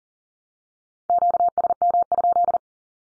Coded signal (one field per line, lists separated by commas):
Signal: Morse code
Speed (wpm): 40 wpm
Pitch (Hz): 700 Hz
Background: none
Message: QSM?